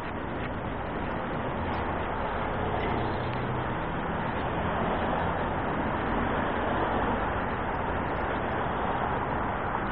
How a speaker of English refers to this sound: So much traffic.